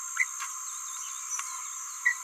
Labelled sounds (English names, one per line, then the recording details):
Green-rumped Parrotlet babbling
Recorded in a nest box in Venezuela
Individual 18B17A5